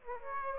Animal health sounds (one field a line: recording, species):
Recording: mosquito wingbeat signal from an infrared sensor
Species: Aedes aegypti